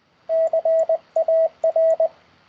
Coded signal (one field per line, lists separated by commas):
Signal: Morse code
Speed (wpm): 20 wpm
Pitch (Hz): 650 Hz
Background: radio noise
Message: CAR